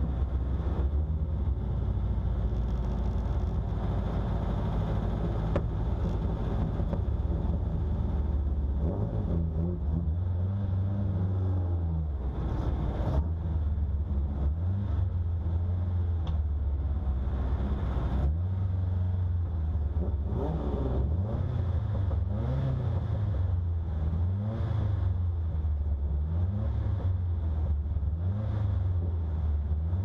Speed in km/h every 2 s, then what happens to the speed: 0, 0, 0, 0, 0, 8, 7, 5, 1, 0, 0, 0, 0, 0, 0.
0-9 standing. 10-16 slows to 1. 16-30 standing.